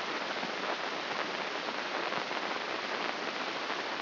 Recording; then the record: brain microelectrode recording played as sound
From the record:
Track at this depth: outside the subthalamic nucleus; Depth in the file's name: 6.429 mm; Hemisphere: left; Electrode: 3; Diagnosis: Parkinson's disease